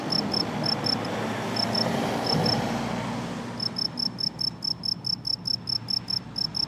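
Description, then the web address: Cricket giving sparse chirps at first amid broad noise, then a steady fast series of chirps. "college-alain-crozon grillon"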